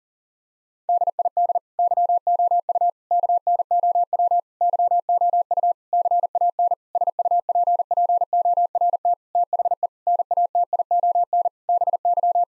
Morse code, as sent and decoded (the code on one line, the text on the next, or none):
-.. .. -.. / -.-- --- ..- / -.- -. --- .-- / -.-- --- ..- / -.-. .- -. / ... ..- .--. .--. --- .-. - / - .... . / -. .- - .. --- -. / -... -.--
DID YOU KNOW YOU CAN SUPPORT THE NATION BY